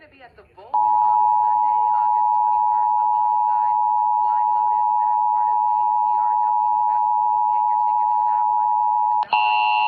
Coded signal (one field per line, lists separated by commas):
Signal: Emergency Alert System (SAME) tones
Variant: 853 and 960 Hz attention tone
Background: speech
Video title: Los Angeles Required Monthly Tests (EAS #1058-#1070)